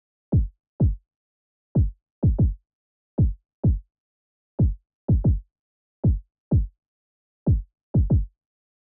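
Heartbeat at 126 beats per minute in 3/4 time: low, dull thuds in a repeating three-beat cycle about every 1.4 seconds, with single thumps followed by close lub-dub pairs.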